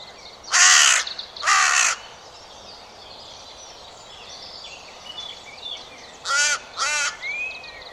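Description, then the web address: Bird calls: four harsh, buzzy caws given in two pairs, one pair early and one near the end, with faint high chirps from other birds between them. "Deverinetal 2025 File origin Bird Only"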